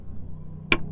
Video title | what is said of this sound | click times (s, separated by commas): Easy Jeep Mods: Installing Quadratec Flashlight Mounts & Organizer Trays in a Jeep Gladiator | you'll hear a click you'll feel it slide into place it's good | 0.7 s